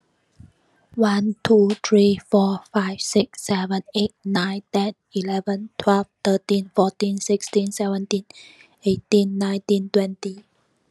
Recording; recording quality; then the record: counting at a normal pace; excellent, no background noise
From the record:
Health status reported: healthy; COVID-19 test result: not tested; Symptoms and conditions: none ticked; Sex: female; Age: 32 years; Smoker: not ticked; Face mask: not worn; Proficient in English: yes